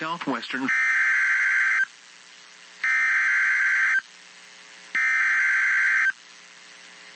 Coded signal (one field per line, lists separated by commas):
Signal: Emergency Alert System (SAME) tones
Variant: header bursts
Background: speech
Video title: Severe Thunderstorm Warning Illinois Noaa Weather Radio Station WXM 49 Marion IL 7/10/26